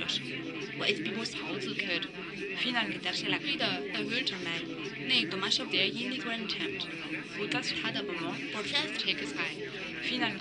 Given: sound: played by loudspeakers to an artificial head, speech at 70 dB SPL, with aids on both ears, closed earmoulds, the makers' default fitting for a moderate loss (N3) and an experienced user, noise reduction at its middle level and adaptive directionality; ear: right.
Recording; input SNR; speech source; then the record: speech test signal (ISTS) in cocktail-party noise; -3 dB; in front (0 degrees)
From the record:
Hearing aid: class 2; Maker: D